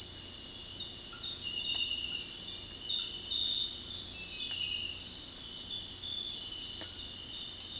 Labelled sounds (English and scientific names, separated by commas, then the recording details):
none
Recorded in dense forest near Puerto Asís, Putumayo, Colombia, on 21 February 2024 at 05:30
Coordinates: 0.481, -76.318
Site G6421